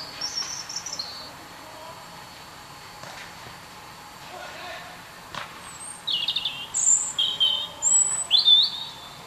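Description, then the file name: European robin gives a faint high note, then after a long pause sings a clearer phrase of thin, wavering whistles climbing and dropping in pitch. "Erithacus rubecula"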